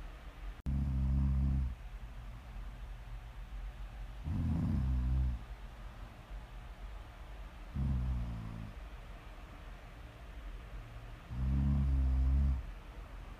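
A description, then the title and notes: Deep, rumbling snores come at a steady pace, about one every three and a half seconds, each lasting just over a second with a buzzing, low rattle. Between them there is a soft steady hiss, and breathing is quiet. ASMR snoring.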